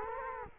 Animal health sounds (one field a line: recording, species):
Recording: mosquito wingbeat signal from an infrared sensor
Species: Culex quinquefasciatus